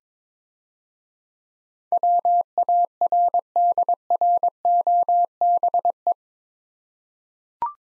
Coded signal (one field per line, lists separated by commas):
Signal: Morse code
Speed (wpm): 22 wpm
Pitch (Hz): 700 Hz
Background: none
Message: WARDROBE